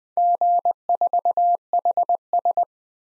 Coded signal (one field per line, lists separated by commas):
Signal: Morse code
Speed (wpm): 20 wpm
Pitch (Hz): 700 Hz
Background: none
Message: G4HS